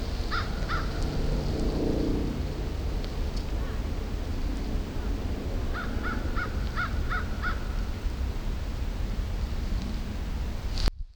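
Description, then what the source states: American crow calls: two harsh caws, then after a pause a run of six more, partly masked by heavy low-pitched rumbling noise. Probably the same individual as heard earlier.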